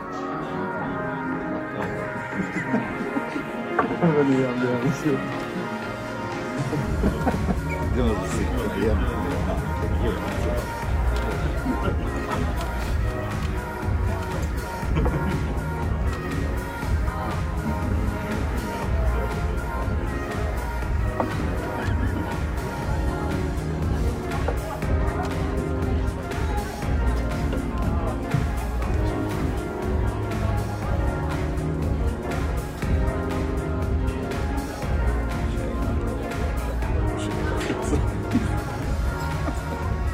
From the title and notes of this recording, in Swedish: Baren. En timme sorlande barljud.